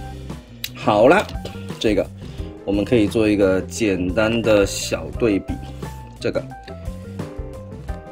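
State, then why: Seated. A plastic piece of a Transformers Kingdom Core Class Hot Rod toy robot is pressed home and clips into the vehicle-mode body, finishing the small figure's transformation into its vehicle mode. A sharp click at 0.6 s marks the part seating, while someone talks over background music, with two softer taps near 7.2 and 7.9 s.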